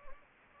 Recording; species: mosquito wingbeat signal from an infrared sensor; Anopheles gambiae